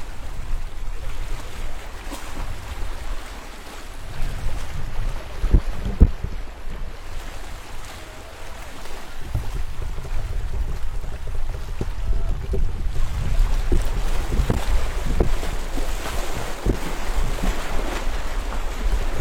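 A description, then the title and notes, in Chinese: Waves wash continuously over rocks below a seawall, a steady rushing wash with deep rumbling surges. Sharper splashes and knocks stand out around six seconds and again after fourteen seconds, while wind buffets low in the background throughout. 站在汕头东海岸的海堤上。East Coast, Swatow, Guangdong, China。海浪不断冲刷着这些石头。我把录音机拿在了手上。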